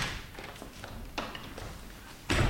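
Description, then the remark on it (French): A man holding a shoe in each hand gives a few soft, irregularly spaced knocks on a door, followed by a louder, fuller thump at the end, with faint background noise and no talking. “Il s'approche, frappe et entre, ses souliers dans chaque main.”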